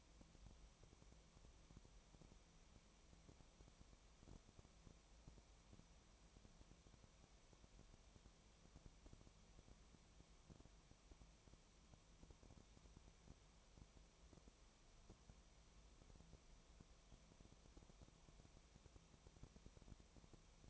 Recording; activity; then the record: daily activity, microphone in the room; no activity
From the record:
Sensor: 1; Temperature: 19.4 degrees Celsius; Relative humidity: 35.7%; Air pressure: 1003.3 hPa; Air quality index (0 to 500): 113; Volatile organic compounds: 2 ppm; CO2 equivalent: 1258 ppm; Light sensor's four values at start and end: 1/2/1/1 and 1/2/1/1